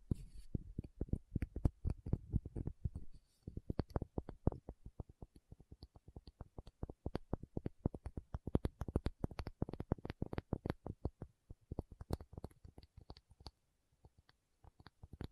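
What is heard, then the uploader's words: Tapping in quick, uneven bursts of sharp clicks and thuds, dense and low-heavy early on, then lighter, sparser taps toward the end. Tapping Session (No Talking).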